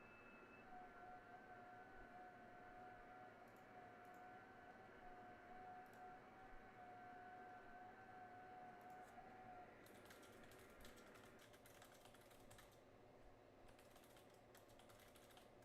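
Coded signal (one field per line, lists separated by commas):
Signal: FT8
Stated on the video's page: FT8 on an Alpha HOA Buster gutter antenna with an FMJ match.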